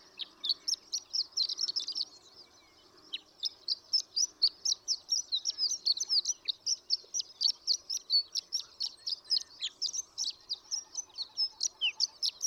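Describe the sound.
Horned lark song, extended high tinkling twitter with a brief pause early on.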